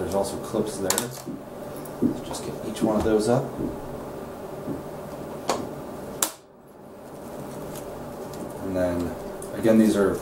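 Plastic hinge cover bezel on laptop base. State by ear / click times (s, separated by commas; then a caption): released / 5.5 s, 6.2 s. Someone talks while prying up the little plastic clips of the plastic hinge cover bezel near the monitor hinges on a Dell laptop base. Sharp snaps are heard at 5.5 s and 6.2 s as the clips snap off, releasing the bezel.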